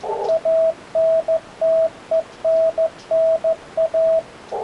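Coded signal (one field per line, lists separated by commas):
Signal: Morse code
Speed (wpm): 14 wpm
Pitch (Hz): 650 Hz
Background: radio noise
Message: ANTENNA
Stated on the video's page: 40 m CW QSO on an ICOM IC-7300, on-air demo.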